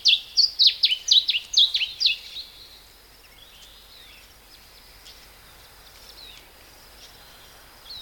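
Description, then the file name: Cape bunting calling with a fast burst of sharp, down-slurred notes at the start, then only faint, scattered chips against a soft background hiss. "Cape Bunting (Emberiza capensis)"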